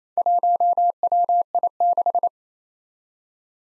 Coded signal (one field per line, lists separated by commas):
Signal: Morse code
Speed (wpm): 29 wpm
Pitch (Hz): 700 Hz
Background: none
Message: 1WI6